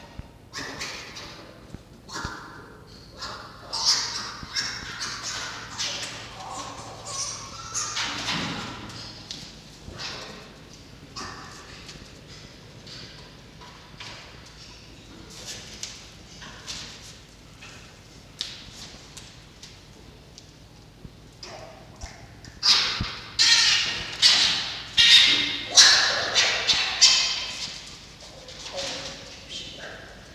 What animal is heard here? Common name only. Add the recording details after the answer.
Red Fox. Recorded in captivity. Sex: male. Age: juvenile. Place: Zoologisches Institut der HUB, Berlin, DE. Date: 1952-07-14 14:25. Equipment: Elmetra. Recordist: Tembrock, Günter